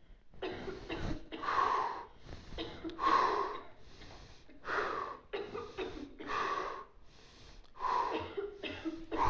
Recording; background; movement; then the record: deep breathing; a bystander coughing; sitting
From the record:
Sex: male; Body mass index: 22.0 kg/m2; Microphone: on the chest, facing outward